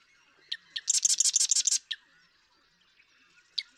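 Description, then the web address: Marsh Wren song: a few ticking introductory notes, then one fast, high, mechanical rattle lasting about a second, followed by scattered clicks. "birdsongforthecurious Marsh Wren"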